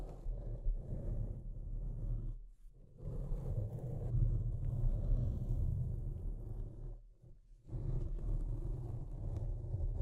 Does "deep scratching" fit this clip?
yes